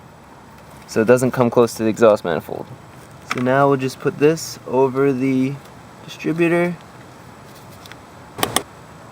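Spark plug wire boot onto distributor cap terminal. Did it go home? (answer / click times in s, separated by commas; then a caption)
yes / 8.4 s, 8.6 s. Someone talks while routing a new spark plug wire away from the exhaust manifold on a Ford Ranger / Mazda B3000, then pushes the wire's boot over a distributor cap tower. Two sharp clicks are heard at 8.4 s and 8.6 s as the boot seats onto the distributor cap terminal.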